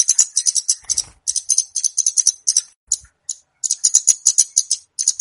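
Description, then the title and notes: Flowerpecker calls: an almost continuous stream of very high, rapid ticks and trills with only brief gaps. Lure call used to attract birds for trapping; Indonesian names kemade and cabe-cabean. "Kicau Pancing Burung Kemade ( Cabe Cabean). Suara Burung Cabe Cabean Pikat"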